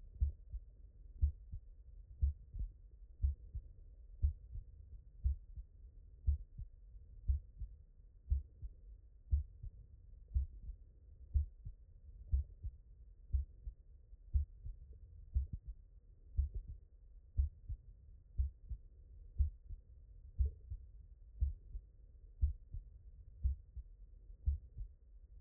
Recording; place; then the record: heart sounds by stethoscope; mitral valve (MV)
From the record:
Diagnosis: non-HFrEF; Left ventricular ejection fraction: 57%